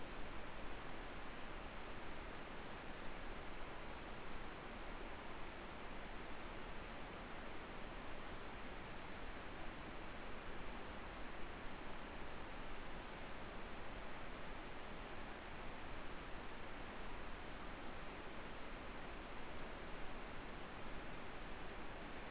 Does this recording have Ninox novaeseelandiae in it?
no